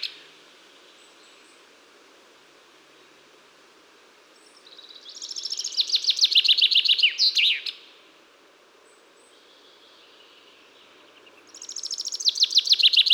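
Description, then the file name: Common chaffinch singing two songs with a quiet pause between them, each a rapid descending trill; the first closes with a flourish and the second is cut off at the end, with light background hiss. "Fringilla coelebs"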